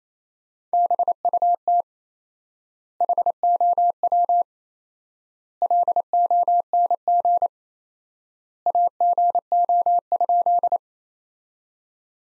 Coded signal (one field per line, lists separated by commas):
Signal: Morse code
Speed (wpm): 28 wpm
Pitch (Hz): 700 Hz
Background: none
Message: BUT HOW LONG AGO?